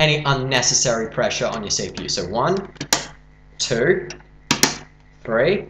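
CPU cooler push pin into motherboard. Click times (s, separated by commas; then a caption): 4.5 s, 4.6 s. Someone talks while pressing the stock CPU heatsink's plastic push pins into the motherboard holes in opposite corners, pushing until they click. Two sharp clicks sound at 4.5 s and 4.6 s as the push pins seat.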